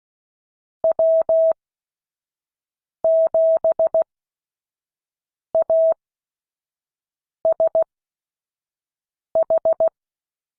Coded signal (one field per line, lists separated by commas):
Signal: Morse code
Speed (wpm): 16 wpm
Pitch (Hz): 650 Hz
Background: none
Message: W7ASH